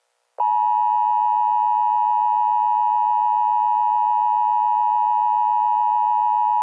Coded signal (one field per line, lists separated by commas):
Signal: Emergency Alert System (SAME) tones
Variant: 853 and 960 Hz attention tone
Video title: EAS Scenario #16: The Children Disappearences